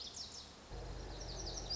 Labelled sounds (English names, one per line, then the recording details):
Lazuli Bunting
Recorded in Sonoma County, California